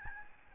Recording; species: mosquito wingbeat signal from an infrared sensor; Aedes albopictus